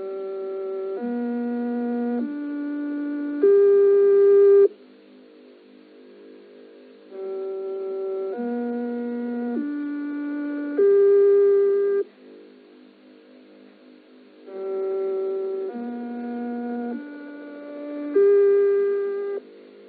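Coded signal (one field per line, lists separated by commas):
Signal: numbers station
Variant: G08 interval signal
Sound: four-note rising tune in a reedy organ-like tone, played three times with short pauses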